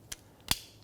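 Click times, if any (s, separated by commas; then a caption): 0.5 s. A wiring harness electrical connector is lined up and pressed onto the plastic socket of an engine knock sensor on a 2006-2013 Chevrolet Impala. A short, faint tick is heard near 0.1 s, then a sharp, bright click at 0.5 s as the lock tab latches and the connector seats.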